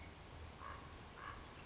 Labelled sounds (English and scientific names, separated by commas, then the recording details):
Common Raven (Corvus corax)
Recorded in Sonoma County, California